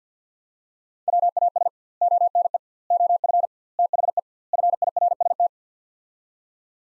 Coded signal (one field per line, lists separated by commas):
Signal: Morse code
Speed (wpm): 50 wpm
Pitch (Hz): 700 Hz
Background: none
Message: WAS ONE OF THE FIRST